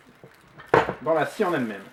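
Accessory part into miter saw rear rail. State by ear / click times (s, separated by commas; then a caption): seated / 0.7 s. An accessory part is slid along the rear rail of an Evolution Power Tools R210SMS miter saw and clipped into the saw body. A sharp snap at 0.7 s marks it seating, and then someone talks.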